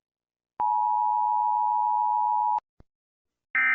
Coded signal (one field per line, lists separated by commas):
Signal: Emergency Alert System (SAME) tones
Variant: 853 and 960 Hz attention tone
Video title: US EAS scenario- Viventes Virus (FAN MADE)